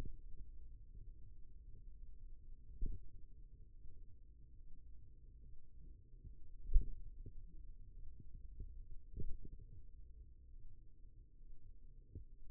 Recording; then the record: forearm muscle sounds (acoustic myography)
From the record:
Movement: finger pinch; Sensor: system 2, bracelet of six BSWA MPA416 microphones around the upper forearm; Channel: 3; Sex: male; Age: 22 years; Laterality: right